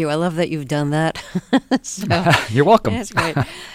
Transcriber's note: laughter